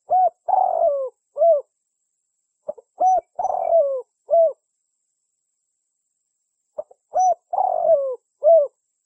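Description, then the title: Spotted dove cooing in low, hollow phrases: a couple of short soft notes, a longer burry rolling coo, then a clipped final coo, repeated three times. Spotted dove calls used as a lure. "Pikat Burung Tekukur"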